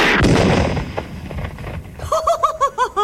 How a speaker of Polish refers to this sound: Może pani doktor posiada jakiś hałas tu na miejscu? Posiadam tylko tę oto starą butlę gazową, która ostatnio ma wzięcie w temacie wybuchów. No to jazda.